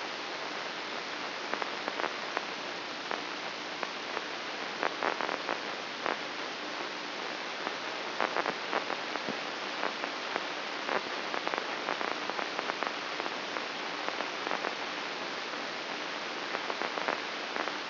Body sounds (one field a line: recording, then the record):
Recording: brain microelectrode recording played as sound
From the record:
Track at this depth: inside the subthalamic nucleus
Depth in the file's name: 5.661 mm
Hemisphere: left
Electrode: 3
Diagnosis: Parkinson's disease